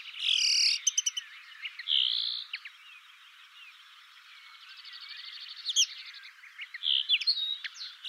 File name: Linotte melodieuse